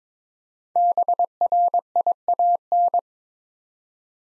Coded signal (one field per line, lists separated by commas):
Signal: Morse code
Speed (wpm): 21 wpm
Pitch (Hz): 700 Hz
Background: none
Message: BRIAN